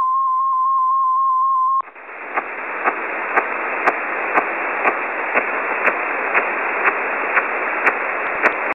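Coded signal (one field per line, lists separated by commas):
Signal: numbers station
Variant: XPA2 polytone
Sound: a steady 1 kHz tone for two seconds, then dense warbling data with regular ticks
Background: radio static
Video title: XPA2, 2120z 13538 kHz, Message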